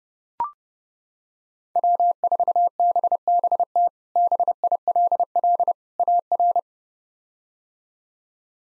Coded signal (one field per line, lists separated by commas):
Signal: Morse code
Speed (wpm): 30 wpm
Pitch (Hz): 700 Hz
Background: none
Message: W4BBT BILL AR